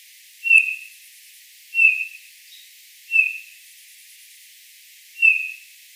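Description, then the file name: Eurasian bullfinch giving four soft, short piping whistled calls, spaced one to two seconds apart. "Pyrrhula pyrrhula"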